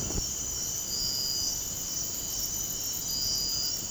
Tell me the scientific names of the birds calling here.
none